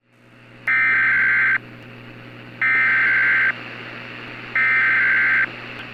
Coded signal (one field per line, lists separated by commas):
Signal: Emergency Alert System (SAME) tones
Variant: header bursts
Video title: EAS mock: COASTAL FLOOD WARNING